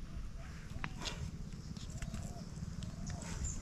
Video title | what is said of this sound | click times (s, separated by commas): No " Electricity " 🔌⚡ Working Water Pump..! Borewell - ல தண்ணி எடுக்கலாம் #aogvlogs | அதே ஃப்ரெண்ட்ஸ் பார்த்தீங்களா, காடி பார்த்தீங்கன்னா ரெண்டு பக்கம் லாக் ஆயிடுச்சு. | 0.8 s